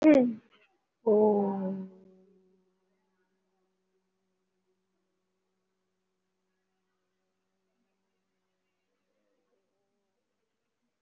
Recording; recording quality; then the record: sustained vowel as in boot; poor, much background noise or distortion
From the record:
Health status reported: COVID-19 positive, moderate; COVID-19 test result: positive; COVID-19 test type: RT-PCR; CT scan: taken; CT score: 3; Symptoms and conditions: cough, cold, sore throat, fever, muscle pain, loss of smell and taste, another respiratory illness, hypertension, another condition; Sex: female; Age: 60 years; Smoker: no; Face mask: worn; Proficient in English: no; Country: India